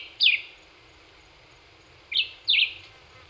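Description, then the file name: Black-whiskered vireo with a single downslurred chirp, then after a pause a quick pair of falling notes, over light hiss. Recorded on 26 April 2019. "2019-04-26 Black-whiskered Vireo"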